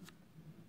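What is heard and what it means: A folding scissor tool opens out of the spacer slot in a wooden folding knife handle from a CRKT folding knife kit. A faint click is heard at 0.1 s over low background hum. The scissor tool clicks into place.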